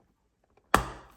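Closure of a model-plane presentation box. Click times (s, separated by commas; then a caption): 0.7 s. The lid of a cardboard presentation box for a Gemini 200 British Airways de Havilland Canada DHC-6-300 Twin Otter 1:200 scale diecast model plane (G2BAW1034) is popped open. After a faint tick at 0.6 s, the closure releases with a sharp click at 0.7 s that rings down briefly. The lid opens.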